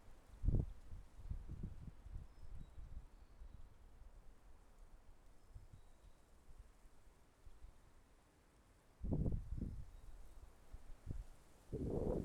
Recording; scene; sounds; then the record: everyday scene through a hearing-aid microphone; wind on the microphone; wind, traffic, birds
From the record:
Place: suburban garden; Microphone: behind the ear, left, rear